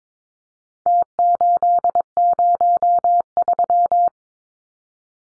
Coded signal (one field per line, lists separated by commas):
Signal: Morse code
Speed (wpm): 22 wpm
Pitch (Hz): 700 Hz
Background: none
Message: T803